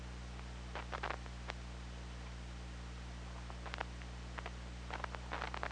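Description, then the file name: Killer whale clicks in short clustered bursts near the start and toward the end, with a long quieter gap between, over constant low-pitched hydrophone hum. Hydrophone, 24 August 2017 at 22:41. "Orca Lab"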